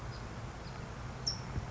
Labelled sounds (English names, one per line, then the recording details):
California Towhee
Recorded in Sonoma County, California